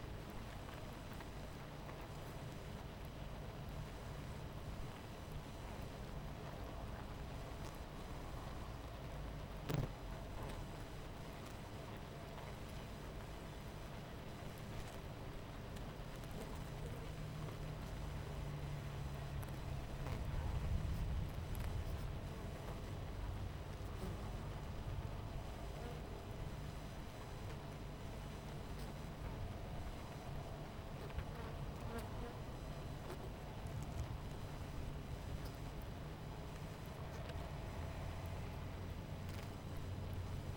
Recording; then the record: honeybee colony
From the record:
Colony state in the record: missing queen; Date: 14 July 2017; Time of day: 11:18